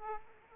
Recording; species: mosquito wingbeat signal from an infrared sensor; Aedes aegypti